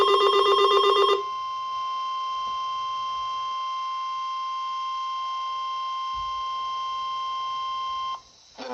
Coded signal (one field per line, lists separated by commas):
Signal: Emergency Alert System (SAME) tones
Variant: 1050 Hz attention tone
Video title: Severe Thunderstorm Warning (EAS 236)